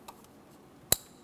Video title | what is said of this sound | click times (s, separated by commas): How to Replace Spark Plugs 2010-2013 Kia Forte Koup 2.4L L4 | we'll press that in listen for our click a light tug lock it down | 0.9 s